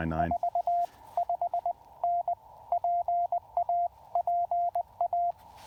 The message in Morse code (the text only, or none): 45N PA PA